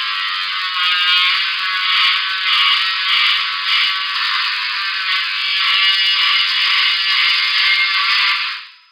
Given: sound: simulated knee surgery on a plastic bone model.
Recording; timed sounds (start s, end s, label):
surgical tools on bone
0.00	8.54	sawing